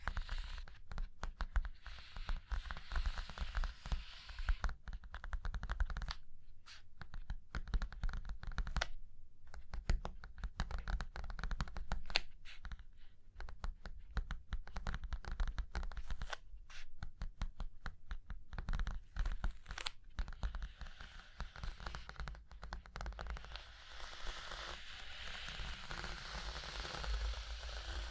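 Dense, rapid scratching and tapping on a surface, with steady low rumble underneath and brighter, hissier tracing strokes building near the end.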